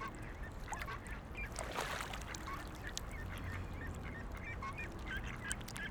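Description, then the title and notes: Ducks making short nasal calls and squeaks spread throughout, with a brief noisy burst near two seconds over low rumble. Ducks on a lake in a park in Vienna, being fed by people. "Patos Viena. Este es el momento en el cual en un parque de Viena damos comida a unos patos que encontramos en un lago"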